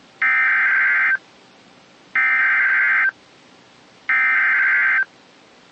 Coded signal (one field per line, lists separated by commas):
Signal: Emergency Alert System (SAME) tones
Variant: header bursts